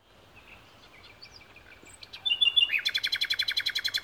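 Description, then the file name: Common nightingale song: soft whistled notes swell into a fast, loud series of repeated throbbing notes, steady and rhythmic to the end. "Luscinia megarhynchos"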